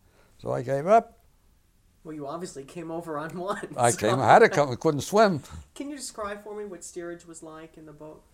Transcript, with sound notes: So I gave up.
Well, you obviously came over on one. ( he laughs )
I came, I had to come. I couldn't swim.
Can you describe for me what steerage was like in the boat?